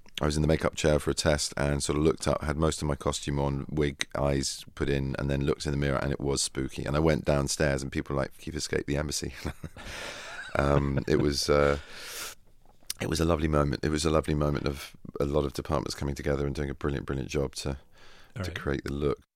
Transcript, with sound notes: I was in the makeup chair for a test, and I sort of looked up, had most of my costume on - wig, eyes put in - and then looked in the mirror, and it was spooky. And I went downstairs, and people were like you've escaped the embassy.
(LAUGHTER)
It was a lovely moment. It was a lovely moment of a lot of departments coming together and doing a brilliant, brilliant job to create the look.